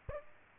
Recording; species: mosquito wingbeat signal from an infrared sensor; Aedes aegypti